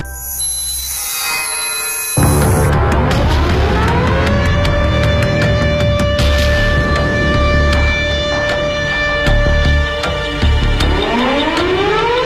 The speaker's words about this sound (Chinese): 这就是当时各个城市上空的防空空袭警报的声音，警报声像烽火台上的烽火一样，从一个城市传到了另外一个城市。